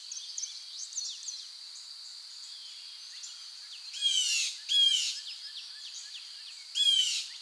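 Bird song: soft scattered chirps, then three loud, rapid buzzy bursts, over a steady high insect-like drone.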